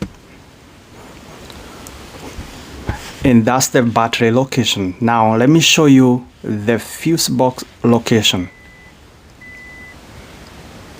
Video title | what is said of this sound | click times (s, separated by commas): Fuse Box Info & Battery Location -- 2023 KIA Sorento Hybrid | and it's going to click in place | 1.5 s, 1.9 s